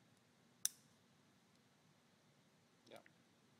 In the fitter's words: Now, using the plastic cover, slide the cover over pressing down into it clicks into place.